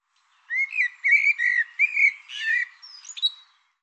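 Bird uttering a quick series of whistled chirps, then a rougher note and a final high whistle.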